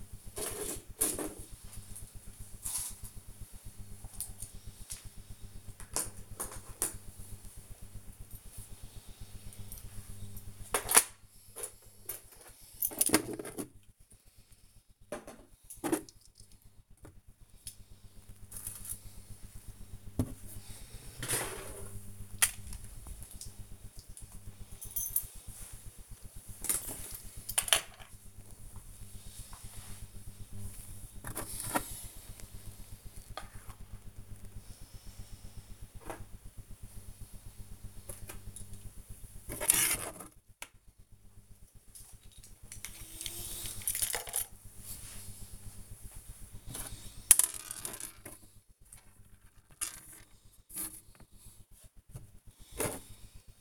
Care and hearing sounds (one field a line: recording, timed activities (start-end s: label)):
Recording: household activities, microphone on the right wrist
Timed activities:
0.00-53.61 s: tidy up the cupboard